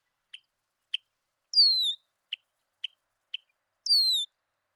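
Red-winged blackbird giving short dry chip notes spaced about half a second apart, broken by two long descending whistles.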